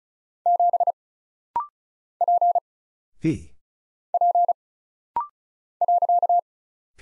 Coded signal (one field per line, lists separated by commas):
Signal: Morse code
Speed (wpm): 35 wpm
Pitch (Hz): 700 Hz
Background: none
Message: 7 P P .